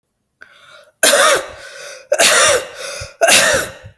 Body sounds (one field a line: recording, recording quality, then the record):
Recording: heavy voluntary cough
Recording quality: excellent, no background noise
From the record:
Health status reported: healthy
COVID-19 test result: not tested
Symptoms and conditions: cough, diabetes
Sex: female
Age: 38 years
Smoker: not ticked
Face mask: not worn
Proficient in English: yes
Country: India